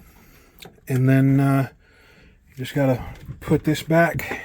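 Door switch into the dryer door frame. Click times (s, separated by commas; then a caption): 0.6 s. A replacement door switch is slid back along its own little guides into the door frame in the front panel of a Bosch WTMC3521UC/05 dryer and pushed until it snaps into place, giving a single sharp click at 0.6 s. Afterward someone talks.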